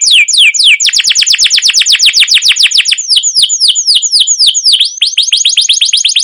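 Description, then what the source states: Canary song: a rapid series of descending high chirps merging into a fast rolling trill, steady and unbroken. Canary with a long rolling 'ngerol' gacor song and 'cuit cuit' notes, used as a lure and master song to train or provoke other canaries to sing.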